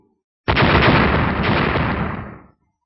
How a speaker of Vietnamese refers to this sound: Ba tiếng nổ lớn vang lên, mặt trên cốc thuẫn chỉ đỡ được ba cây kim thương đã bắt đầu nứt toát.